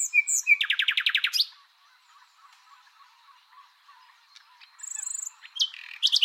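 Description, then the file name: Common nightingale song: a loud burst of rapid repeated notes, a pause of a few seconds, then high thin whistles and sharp buzzy notes. "Luscinia megarhynchos"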